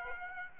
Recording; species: mosquito wingbeat signal from an infrared sensor; Aedes aegypti